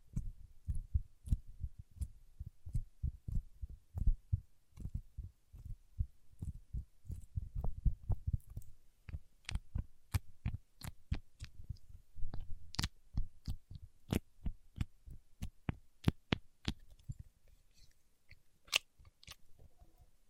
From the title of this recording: Paraffin Wax Peeling, Tapping and Scratching